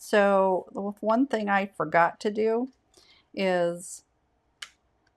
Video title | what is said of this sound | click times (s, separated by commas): Masculine Monday Episode 1 - Graphic Happy Birthday | Yep, it snapped back in there. | 4.6 s